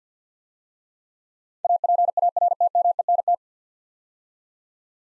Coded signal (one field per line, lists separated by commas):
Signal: Morse code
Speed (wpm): 50 wpm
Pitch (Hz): 700 Hz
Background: none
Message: APARTMENT